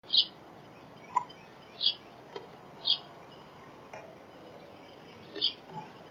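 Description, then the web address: Bird gives a few short, high, chip-like calls at irregular intervals, with faint clicks and a soft background hiss. Recorded at a smart bird feeder camera. "birdfy by netvue"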